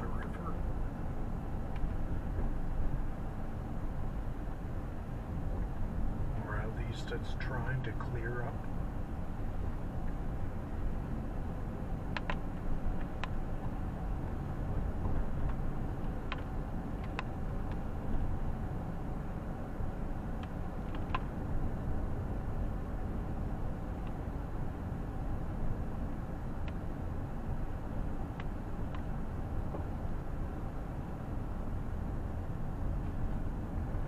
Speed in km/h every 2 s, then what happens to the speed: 28, 27, 25, 24, 25, 23, 27, 26, 26, 26, 23, 28, 27, 25, 27, 26, 24.
0-34 steady at about 26.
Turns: none.